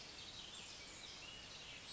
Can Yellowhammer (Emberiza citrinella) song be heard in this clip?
no